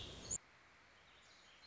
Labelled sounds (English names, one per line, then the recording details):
Warbling Vireo
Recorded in Sonoma County, California